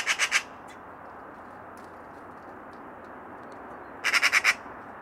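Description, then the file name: Eurasian magpie giving short harsh chatters, a brief burst at the start and another near the end, with quiet background and a few faint ticks between. "Pica pica"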